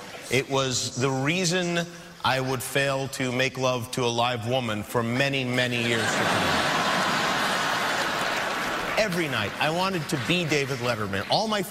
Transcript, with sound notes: it was the reason I would fail to make love to a live woman for many, many years to come.
(LAUGHTER)
Every night, I wanted to be David Letterman.